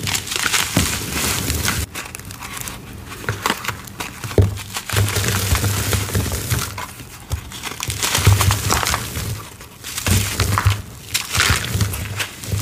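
Gritty chalk being crushed and crumbled, a dense, continuous crunching with crackly grains across the whole clip. Sharper snaps and deeper thuds stand out near 2, 4.5, 8.5 and 10 seconds, with brief quieter gaps between bursts of pressing.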